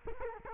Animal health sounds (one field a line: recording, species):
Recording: mosquito wingbeat signal from an infrared sensor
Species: Culex quinquefasciatus